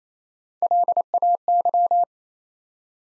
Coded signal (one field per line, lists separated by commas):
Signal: Morse code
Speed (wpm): 27 wpm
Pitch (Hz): 700 Hz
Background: none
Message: LAY